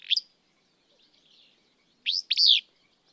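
Willow flycatcher, a brief high note and then a burry two-part sneezy song phrase, with faint background twittering.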